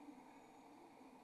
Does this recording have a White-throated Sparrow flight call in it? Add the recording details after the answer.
no. No flight call is heard. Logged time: 01:10 on 28 November 2014